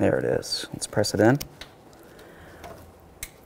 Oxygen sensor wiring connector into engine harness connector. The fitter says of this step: listen for a click from that we'll give it a little tug to make sure it's completely secured in place